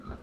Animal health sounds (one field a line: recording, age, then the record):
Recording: pig call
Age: growing-finishing pig (85 days or more)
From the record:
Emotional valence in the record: positive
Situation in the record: run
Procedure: transit